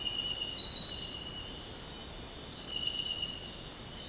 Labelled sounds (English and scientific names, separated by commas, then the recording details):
none
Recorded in dense forest near Puerto Asís, Putumayo, Colombia, on 18 February 2024 at 05:00
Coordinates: 0.486, -76.316
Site G6437